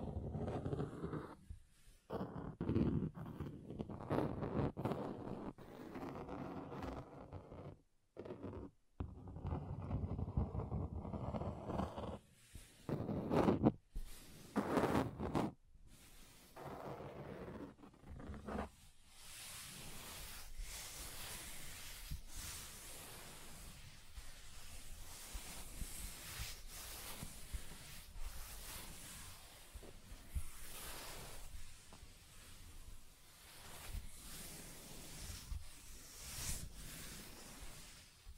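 Scratching across a table, changing surface partway through. For the first fifteen seconds or so the scraping is low and grainy, broken by short pauses. After that it turns brighter and hissier, a steady run of rough strokes with small bursts of emphasis.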